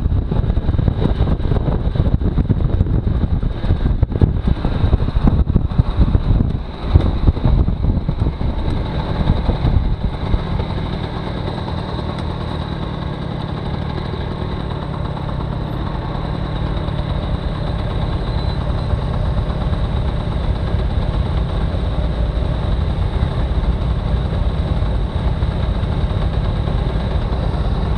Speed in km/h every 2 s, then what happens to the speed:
38, 31, 23, 13, 4, 0, 0, 0, 0, 0, 0, 0, 0, 0.
0-9 brakes to 0. 9-28 standing.